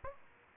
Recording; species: mosquito wingbeat signal from an infrared sensor; Aedes aegypti